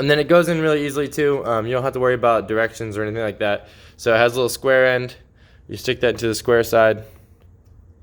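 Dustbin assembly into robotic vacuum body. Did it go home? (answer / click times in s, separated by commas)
no / none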